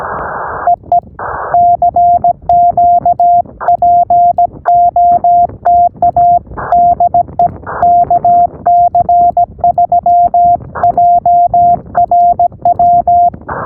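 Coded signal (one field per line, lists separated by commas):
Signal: Morse code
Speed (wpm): 17 wpm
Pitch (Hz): 700 Hz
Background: radio noise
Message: EE CQ POTA DE KC3JRW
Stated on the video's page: 15 m CW Parks on the Air activation using an end-fed half-wave with a reflector, in windy conditions with some noise.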